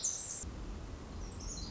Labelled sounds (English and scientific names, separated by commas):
Pacific Wren (Troglodytes pacificus)